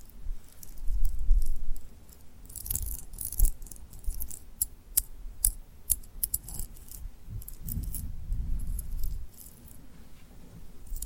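Tapping and rubbing on rhinestones, with bright clicky taps and sparkly scratching scattered throughout, some quick and clustered, others spaced out. A low, soft rustle sits underneath, swelling briefly around the eighth second before easing off toward the end.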